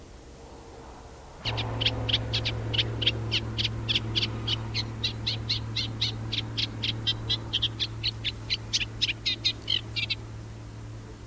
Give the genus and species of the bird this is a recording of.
Acrocephalus scirpaceus